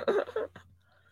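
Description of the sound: An adult woman who is losing her voice gives two quick coughs in a small, quiet room: a longer, rough burst followed by a brief second one. They are short, dry coughs that interrupt her speech.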